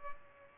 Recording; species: mosquito wingbeat signal from an infrared sensor; Culex pipiens